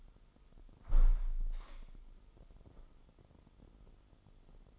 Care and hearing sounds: daily activity, microphone in the room; close window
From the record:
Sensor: 5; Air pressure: 995.8 hPa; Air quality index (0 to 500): 103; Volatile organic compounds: 7 ppm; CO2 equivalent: 1976 ppm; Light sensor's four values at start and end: 40/97/40/41 and 40/97/39/41

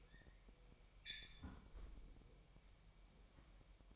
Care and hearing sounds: daily activity, microphone in the room; close fridge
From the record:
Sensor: 1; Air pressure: 1002.0 hPa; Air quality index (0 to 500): 243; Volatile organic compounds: 48 ppm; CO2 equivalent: 3272 ppm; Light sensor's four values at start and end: 8/28/10/11 and 8/28/10/11

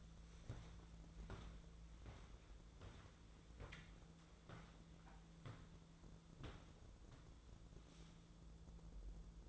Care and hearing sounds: daily activity, microphone in the room; walk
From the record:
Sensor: 3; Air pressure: 1005.4 hPa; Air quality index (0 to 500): 95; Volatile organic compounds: 3 ppm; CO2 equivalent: 1486 ppm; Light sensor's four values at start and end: 10/22/9/10 and 10/24/10/9

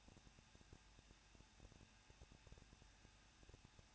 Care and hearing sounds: daily activity, microphone in the room; no activity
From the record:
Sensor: 2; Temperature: 21.0 degrees Celsius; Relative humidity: 37.4%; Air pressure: 1006.2 hPa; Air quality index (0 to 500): 221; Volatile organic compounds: 24 ppm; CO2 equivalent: 2801 ppm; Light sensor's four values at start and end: 2/3/2/2 and 2/3/2/2

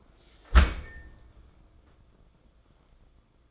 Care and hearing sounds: daily activity, microphone in the room; close dishwasher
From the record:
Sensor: 5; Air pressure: 994.5 hPa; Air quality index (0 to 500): 195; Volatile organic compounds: 1000 ppm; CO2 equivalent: 5750 ppm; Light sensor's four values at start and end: 50/149/59/65 and 51/154/61/67

